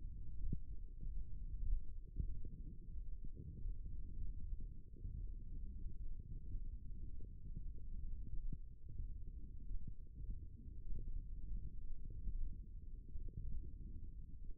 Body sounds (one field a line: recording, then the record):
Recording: forearm muscle sounds (acoustic myography)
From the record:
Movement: finger pinch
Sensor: system 1, eight BSWA MPA416 microphones around the upper forearm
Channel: 7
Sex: male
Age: 18 years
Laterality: right